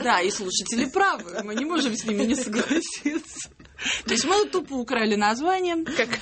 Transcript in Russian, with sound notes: Да, и слушатели правы. Мы не можем с ними не согласиться. (смеется) То есть, мы тупо украли название,